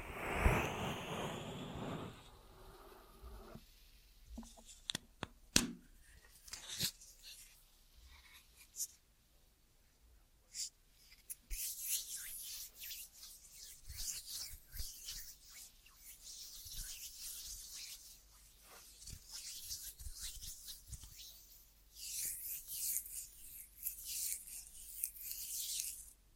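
Ear massage triggers: soft rubbing and brushing sounds with scattered taps and thumps. A dense, full rush fills the first two seconds, then sharp knocks around five to seven seconds, followed by bright, hissy rubbing that swells and fades in uneven waves.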